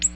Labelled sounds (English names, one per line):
Ovenbird flight call